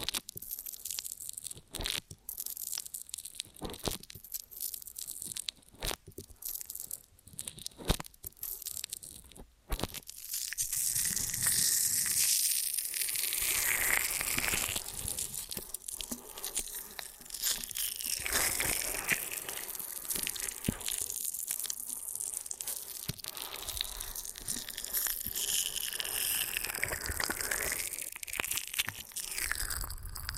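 Ear and scalp massage sounds: sparse crackly taps for ten seconds, then dense, continuous rubbing and crinkling with bright rustle and soft crunches.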